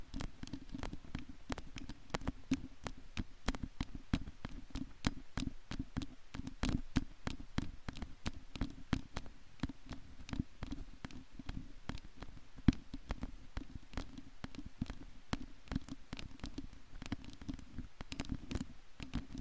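Long nail scratching on a microphone: dense, rapid rough strokes and sharp clicks continue steadily throughout, with a heavy low rumble beneath.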